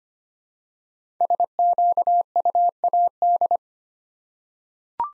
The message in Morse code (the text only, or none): SQUAD